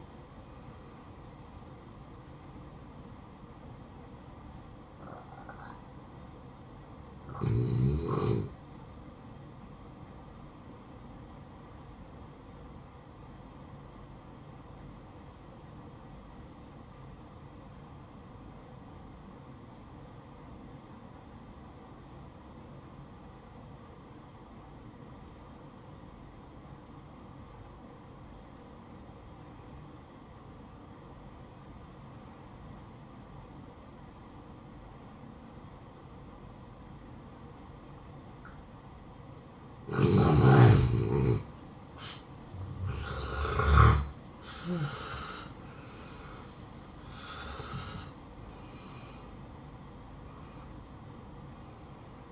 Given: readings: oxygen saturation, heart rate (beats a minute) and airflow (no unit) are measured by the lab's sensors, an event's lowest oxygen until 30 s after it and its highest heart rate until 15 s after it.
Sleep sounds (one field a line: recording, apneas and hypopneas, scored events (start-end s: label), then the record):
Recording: breathing in sleep by a smartphone at the bedside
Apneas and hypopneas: 1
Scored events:
14.00-39.00 s: obstructive apnea (N1, oxygen 96% highest, then 84% lowest, heart rate 65 at the start, 78 highest)
From the record:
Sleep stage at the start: N1 (lightest sleep)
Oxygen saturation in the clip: 84 to 96%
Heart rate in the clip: 59 to 76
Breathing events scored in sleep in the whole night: 573 in 9.8 hours asleep